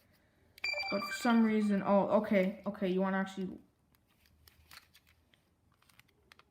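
Someone talks while lining up the plastic bottom half of an Xbox 360 game controller case and pressing it onto the controller after a failed try, followed by faint, light handling taps. The shell has not seated or clicked on yet.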